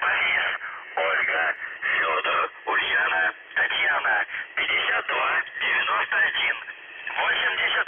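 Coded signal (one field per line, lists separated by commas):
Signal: numbers station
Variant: UVB-76, Russian voice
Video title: The Buzzer/UVB-76 Voice Message (November 25, 2020 10:08 UTC)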